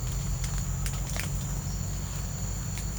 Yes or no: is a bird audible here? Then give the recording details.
no. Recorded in secondary vegetation near Puerto Asís, Putumayo, Colombia, on 21 December 2024 at 08:00. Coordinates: 0.499, -76.323. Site G010